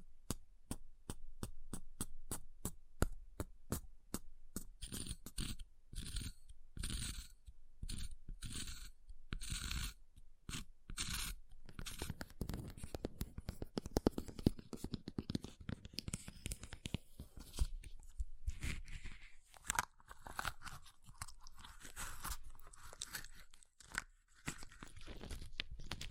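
Ice is tapped, scratched and carved. The opening seconds hold a rapid, regular series of sharp taps that slow and spread out by about ten seconds, giving way to denser, uneven scraping and crunching that continues, with brief pauses, to the end.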